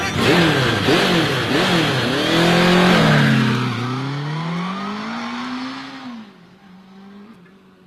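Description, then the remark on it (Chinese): A motorcycle engine revs in quick rising-and-falling surges, then settles into a long, smooth drone that sweeps upward and gradually fades away. No one speaks. “我远远的就看见你的摩托车支在这儿，怎么在这大渠边上躺着？”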